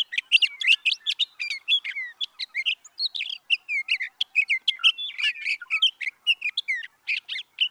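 Sage thrasher song, a long, fast, continuous warble of varied chirps and trills, notes tumbling without pause through the whole stretch.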